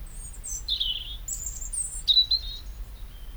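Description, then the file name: European robin singing a rapid, varied phrase of very high, thin whistles and trills that jump up and down in pitch. "Erithacus rubecula"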